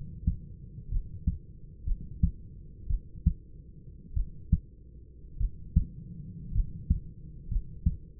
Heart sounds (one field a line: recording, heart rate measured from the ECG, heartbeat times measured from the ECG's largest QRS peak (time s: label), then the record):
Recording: heart sounds by stethoscope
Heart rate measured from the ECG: 55 bpm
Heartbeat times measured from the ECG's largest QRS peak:
0.89 s: heartbeat
1.85 s: heartbeat
2.88 s: heartbeat
4.14 s: heartbeat
5.38 s: heartbeat
6.53 s: heartbeat
7.49 s: heartbeat
From the record:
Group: healthy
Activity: rest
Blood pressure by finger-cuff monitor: 147/73 mmHg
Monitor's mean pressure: 95 mmHg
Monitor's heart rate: 52 bpm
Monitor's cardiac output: 5.5 L/min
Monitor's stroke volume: 104 mL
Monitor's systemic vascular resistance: 1250 dyn s/cm5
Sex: male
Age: 25 years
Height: 170 cm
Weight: 70.4 kg